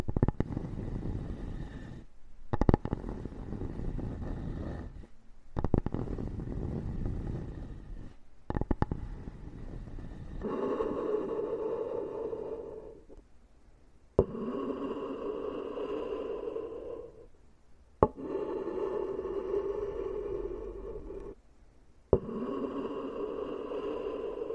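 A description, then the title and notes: Wood is scraped in long strokes of several seconds, broken by short silent gaps, each stroke often opening with a sharp click. The first ten seconds are coarse and rough; later strokes turn into a steady, groaning squeal with a low hum beneath. This episode is Wood Scraping.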